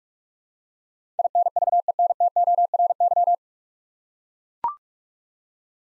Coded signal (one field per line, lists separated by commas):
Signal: Morse code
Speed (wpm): 42 wpm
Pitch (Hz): 700 Hz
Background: none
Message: INVENTORY